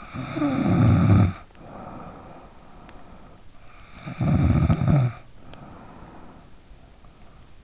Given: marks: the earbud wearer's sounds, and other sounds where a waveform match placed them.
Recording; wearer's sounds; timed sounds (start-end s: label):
sounds in sleep by an in-ear microphone; snoring breath
0.00-2.91 s: snoring breath
3.65-6.68 s: snoring breath